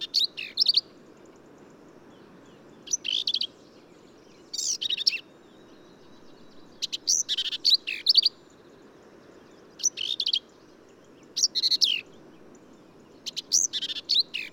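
Black-capped vireo song: short bursts of varied, sharp, squeaky and buzzy high notes, delivered in separate phrases every one to two seconds, over a faint steady background hiss.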